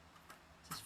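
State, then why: Seated. A front-loading bobbin case is pushed into the hook area of a sewing machine. After a quiet stretch with a faint tick near 0.3 s, a sharp broadband click sounds at 0.7 s as the bobbin case seats in place.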